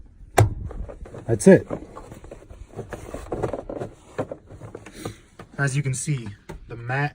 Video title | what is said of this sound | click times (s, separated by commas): Floor Mats Compatible for 2014-2018 Jeep Wrangler Review - OEDRO® | then you'll hear that click that's it | 0.4 s